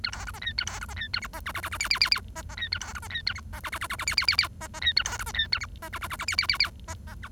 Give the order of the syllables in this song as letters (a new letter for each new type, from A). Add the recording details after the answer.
A B C D E A B C D E A F D G G G G H H H H D D E A B C D E A F D G G G G G H H H H D D E A B C D E A F D G G G G H H H H D D G. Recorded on 1 October 2012 at 07:26. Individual or60yw70